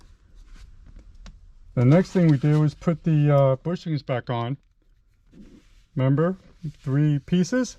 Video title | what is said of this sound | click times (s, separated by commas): C3 1981 Corvette signal switch, replace the Old with the New. | you just push that down you'll hear a little click | 1.3 s